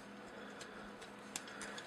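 The two small plastic flap clips on a transforming robot figure are pushed together during transformation. A sharp click sounds at 1.4 seconds as the clips snap together and seat, over a quiet, steady background with a few faint ticks.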